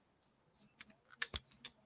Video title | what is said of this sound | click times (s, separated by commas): NFL playoff first round open chat | did you hear that or pop there you go see how it makes a click noise that's it | 1.2 s, 1.3 s